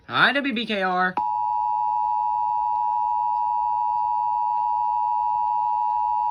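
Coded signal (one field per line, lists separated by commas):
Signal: Emergency Alert System (SAME) tones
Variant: 853 and 960 Hz attention tone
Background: speech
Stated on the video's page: Kentucky required monthly test relayed on a TV station.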